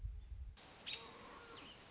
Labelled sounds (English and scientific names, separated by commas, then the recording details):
American Robin (Turdus migratorius)
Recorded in Sonoma County, California